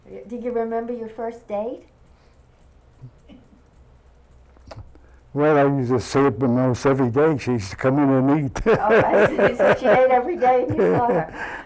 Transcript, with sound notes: Do you remember your first date?
Well I used to see her most every day. She used to come in and eat. (They laugh.)
She ate every day so you saw her.